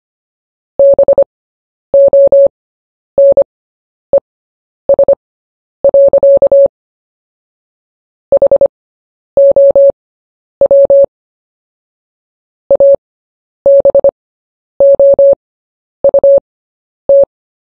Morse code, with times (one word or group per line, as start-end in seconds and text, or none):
0.8-6.7 BONES.
8.3-11.0 HOW
12.7-17.2 ABOUT